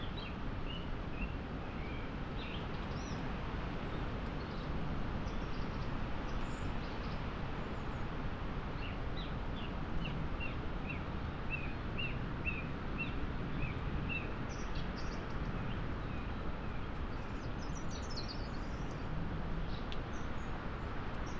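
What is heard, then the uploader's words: Mid-winter gales roar steadily over moorland forest, a dense, unbroken rush of wind heaviest in the low and middle range with little rise or fall. Small bird calls chirp faintly and repeatedly through it, most often in the second half. Moorland forest mid winter gales. To be half way up a lonely Peak District moor, off the puddled track, looking down, into a mixed plantation of tall murmuring trees. Scots pine and spruce. Away from the holly tree, and the microphone box that we carefully tied and angled, so it could be an ear witness of this forest, in winter gales, before the storm.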